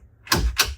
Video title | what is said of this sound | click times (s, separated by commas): 2027 Newmar Dutch Star Walkthrough - Complete Owner Orientation & Feature Guide | until you hear that click. And now the drawers lock back. | 0.3 s